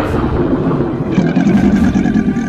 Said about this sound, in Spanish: Surgió del abismo un ser infernal, un dragón morado que salió del mar. Rugió como un trueno.